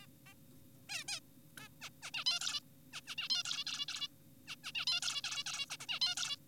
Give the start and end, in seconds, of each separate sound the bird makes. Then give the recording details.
0.02-0.06, 0.26-0.34, 0.89-1.04, 1.08-1.20, 1.58-1.68, 1.81-1.90, 2.02-2.11, 2.14-2.24, 2.26-2.40, 2.41-2.60, 2.93-3.01, 3.07-3.15, 3.18-3.28, 3.30-3.43, 3.45-3.65, 3.67-3.86, 3.88-4.08, 4.47-4.56, 4.64-4.72, 4.75-4.86, 4.87-5.00, 5.02-5.22, 5.24-5.44, 5.46-5.66, 5.70-5.77, 5.80-5.86, 5.89-6.00, 6.02-6.15, 6.17-6.36. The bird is an adult. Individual g4p5U